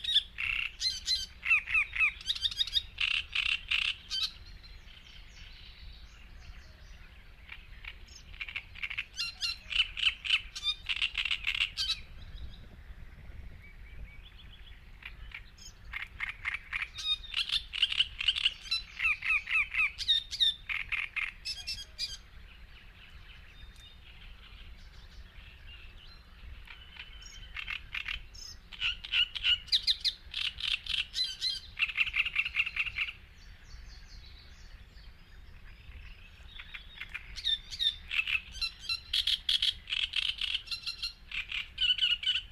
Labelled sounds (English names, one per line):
Great Reed Warbler song